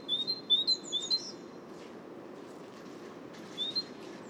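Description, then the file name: Great tit song: a short run of high see-saw phrases at the start, then near silence with one more phrase late on. "Great Tit Parus major"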